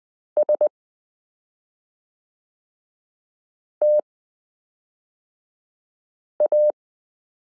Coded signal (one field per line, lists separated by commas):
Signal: Morse code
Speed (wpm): 20 wpm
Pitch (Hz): 600 Hz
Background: none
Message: STA